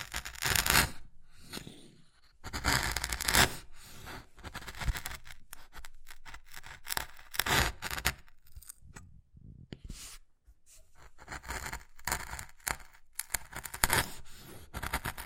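Wood being carved, with rough scraping strokes that come in bursts separated by short quiet gaps. Louder scrapes land near the start, around three and eight seconds, and again near fourteen, with lighter scratching and small ticks in between.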